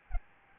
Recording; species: mosquito wingbeat signal from an infrared sensor; Aedes albopictus